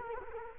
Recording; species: mosquito wingbeat signal from an infrared sensor; Culex quinquefasciatus